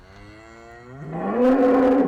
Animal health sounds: contact call of a hoofed animal; cattle; low-frequency (closed-mouth) or high-frequency (open-mouth) call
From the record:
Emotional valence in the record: negative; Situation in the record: full separation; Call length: 2.1 s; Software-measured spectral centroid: 1030 Hz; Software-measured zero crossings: 1400 a second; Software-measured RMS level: -21 dBFS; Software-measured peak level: -11 dBFS

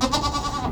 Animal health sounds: contact call of a hoofed animal; goat; low-frequency (closed-mouth) or high-frequency (open-mouth) call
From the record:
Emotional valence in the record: positive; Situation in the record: food anticipation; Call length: 0.72 s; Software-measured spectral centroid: 3170 Hz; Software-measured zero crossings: 2910 a second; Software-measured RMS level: -24 dBFS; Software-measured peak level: -8 dBFS

